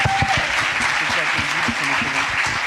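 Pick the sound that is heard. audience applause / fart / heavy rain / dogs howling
audience applause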